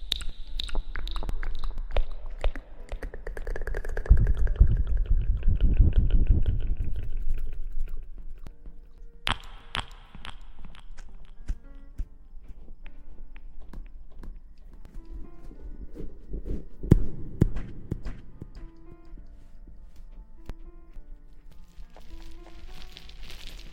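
Wet mouth sounds: a steady scatter of small clicks and smacks runs through the whole recording. Soft, low rushes of breath swell from about 3 to 8 seconds and again near 16 to 18 seconds, and a brighter airy hiss rises at the end.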